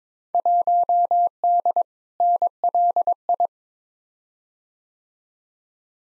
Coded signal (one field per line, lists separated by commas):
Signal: Morse code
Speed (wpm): 21 wpm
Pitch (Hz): 700 Hz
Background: none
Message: 1D NLI